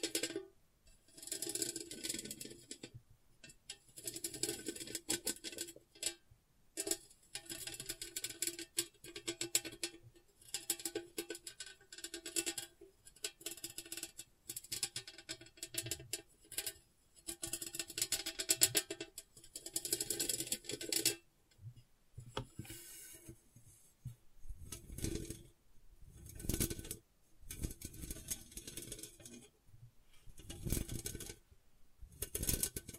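Gentle scratching comes in short, bright bursts, each lasting a second or so, with brief silences between them. The strokes stay soft and fairly regular through most of the clip. Near the end they become sparser and heavier, with a deeper thud in some strokes.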